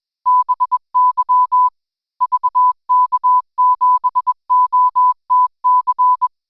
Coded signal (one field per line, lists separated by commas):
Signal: Morse code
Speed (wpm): 21 wpm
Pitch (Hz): 1000 Hz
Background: none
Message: BY VK7OTC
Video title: REAST Forum Night - Contesting in all it's Forms!